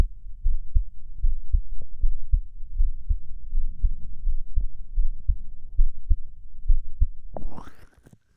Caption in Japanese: 結構早いね、心音が。 興奮してるのかもしれない。